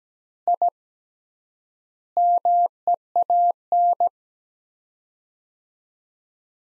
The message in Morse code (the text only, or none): I MEAN